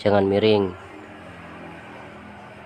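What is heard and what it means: A new outer CV joint for the front right side of a 2005 Toyota Vios is held on the drive axle shaft splines and straightened so it is not tilted, ready to be tapped on. Someone talks during the first 0.7 seconds, followed by a low steady background hum. Nothing has been tapped or clicked into place yet.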